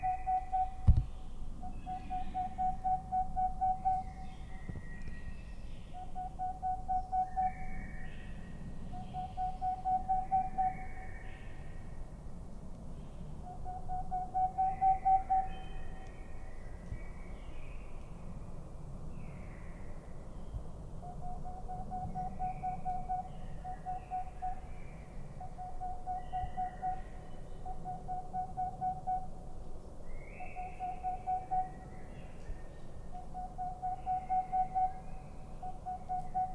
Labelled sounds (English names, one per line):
Boreal Owl